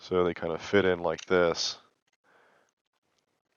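3D-printed PLA wind cups are fitted into the keyed slots of an anemometer hub, before being locked in place. Someone talks for the first two seconds, then a faint, brief soft handling sound follows around 2.3 s. Nothing has seated or clicked yet.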